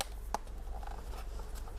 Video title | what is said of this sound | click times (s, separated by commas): Laptop HP 14 CK0068TU gãy chân ốc bản lề , lỗi thường gặp và cách xử lý | That satisfying "click click click," right? | 0.0 s, 0.4 s, 0.9 s